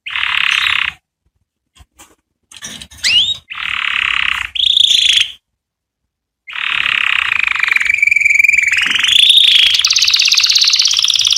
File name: Chant Canari Super Pour l'écolage des jeunes